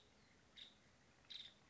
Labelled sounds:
Nuttall's Woodpecker (Dryobates nuttallii)
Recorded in Sonoma County, California

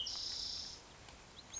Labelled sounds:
Spotted Towhee (Pipilo maculatus)
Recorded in Sonoma County, California

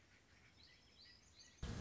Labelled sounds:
Song Sparrow (Melospiza melodia)
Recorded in Sonoma County, California

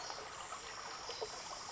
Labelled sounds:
Pacific Wren (Troglodytes pacificus)
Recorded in Sonoma County, California

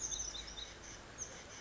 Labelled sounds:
Oak Titmouse (Baeolophus inornatus)
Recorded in Sonoma County, California

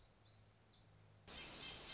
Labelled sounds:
Black-throated Gray Warbler (Setophaga nigrescens)
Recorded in Sonoma County, California

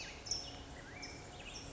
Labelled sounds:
California Towhee (Melozone crissalis)
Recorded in Sonoma County, California

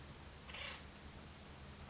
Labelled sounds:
Acorn Woodpecker (Melanerpes formicivorus)
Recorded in Sonoma County, California

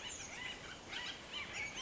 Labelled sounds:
Bullock's Oriole (Icterus bullockii)
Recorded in Sonoma County, California

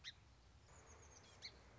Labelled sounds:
Song Sparrow (Melospiza melodia)
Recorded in Sonoma County, California

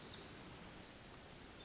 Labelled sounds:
Pacific Wren (Troglodytes pacificus)
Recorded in Sonoma County, California

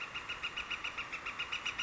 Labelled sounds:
Northern Flicker (Colaptes auratus)
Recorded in Sonoma County, California

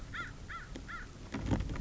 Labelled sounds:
American Crow (Corvus brachyrhynchos)
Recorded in Sonoma County, California

